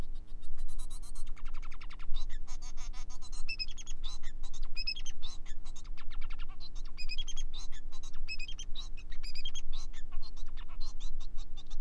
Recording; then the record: song of a male Bengalese finch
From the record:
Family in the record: son of father 4